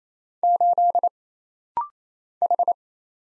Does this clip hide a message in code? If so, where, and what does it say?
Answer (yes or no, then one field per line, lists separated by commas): yes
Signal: Morse code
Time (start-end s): 0.4-2.7 s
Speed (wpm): 27 wpm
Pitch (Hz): 700 Hz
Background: none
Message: 8 H